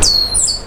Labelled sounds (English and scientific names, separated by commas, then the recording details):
Stitchbird (Notiomystis cincta) song
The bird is a male
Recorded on Tiritiri Matangi Island, New Zealand, in 2005
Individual 12, of nest box 16